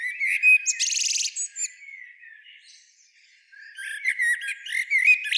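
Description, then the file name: Eurasian blackbird with a brief harsh rattling burst among high squeaky notes, then a quiet spell before more thin twittering notes. "Turdus merula"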